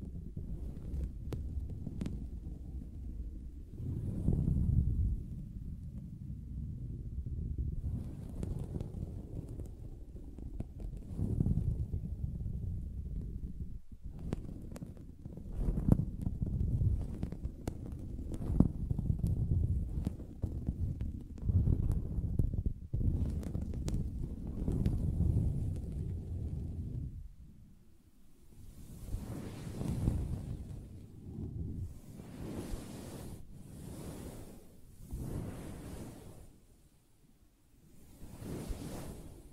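Soft fabric being tapped and scratched, a muffled, low rumbling texture with irregular swells and brushing strokes throughout. Around the middle the scratching grows denser, then after about 27 seconds it turns quieter and airier, with hissy brushes coming in short bursts.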